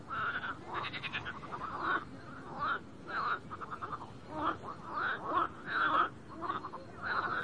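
Frogs croaking densely, with many short nasal notes and a few pulsed trills.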